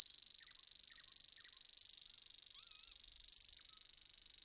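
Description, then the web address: Common grasshopper warbler reel, a continuous high-pitched, cricket-like trill throughout, with a few faint, lower chirps and whistles behind it. "Grashoppesanger"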